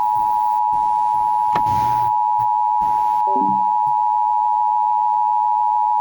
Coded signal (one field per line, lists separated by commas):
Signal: Emergency Alert System (SAME) tones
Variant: 853 and 960 Hz attention tone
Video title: [EAS #1846-#1861] Day 2 of Required Monthly Test Week